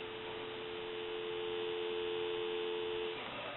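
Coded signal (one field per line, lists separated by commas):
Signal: telephone call progress tone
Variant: North America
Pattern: dial tone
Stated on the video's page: Call progress tone heard on a Western Electric 317 BB wood wall crank telephone during final checkout after repair conversion.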